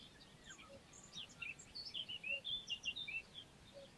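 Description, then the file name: European goldfinch calls: a fast series of high, slurred twittering notes building into a steady chattering run, over soft background hiss. "Carduelis carduelis"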